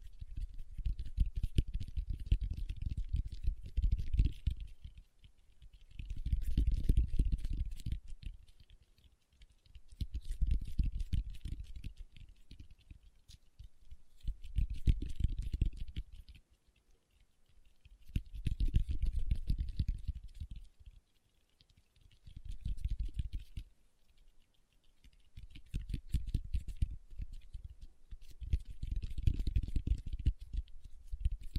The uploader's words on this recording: ASMR Tapping with Fingertips (No Talking).